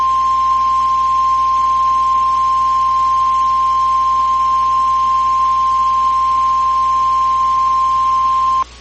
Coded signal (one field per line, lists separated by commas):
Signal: Emergency Alert System (SAME) tones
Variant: 1050 Hz attention tone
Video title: Severe Thunderstorm Warning (OH) (3/30/25) [EAS #106]